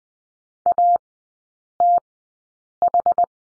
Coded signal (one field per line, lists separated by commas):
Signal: Morse code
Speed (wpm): 20 wpm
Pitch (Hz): 700 Hz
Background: none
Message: ATH